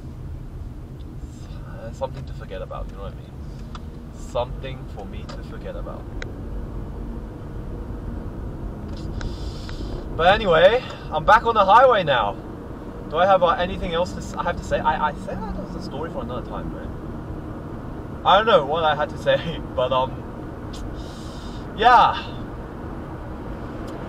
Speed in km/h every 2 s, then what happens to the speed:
29, 27, 36, 46, 54, 61, 65, 68, 69, 71, 74, 77.
2-24 speeds up to 77.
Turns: none.